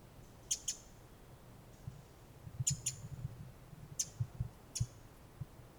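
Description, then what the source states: Pacific wren giving crisp high chip notes, two quick doubled pairs and a few single notes, with faint low knocking sounds underneath. Recorded in October on a wilderness walk.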